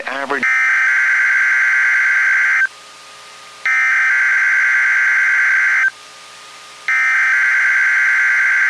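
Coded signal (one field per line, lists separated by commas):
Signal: Emergency Alert System (SAME) tones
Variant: header bursts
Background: speech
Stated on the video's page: Weekly weather radio tests.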